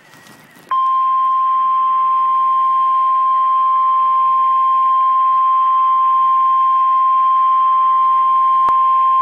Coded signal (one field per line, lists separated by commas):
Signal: Emergency Alert System (SAME) tones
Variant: 1050 Hz attention tone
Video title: REAL EAS 1061-SVR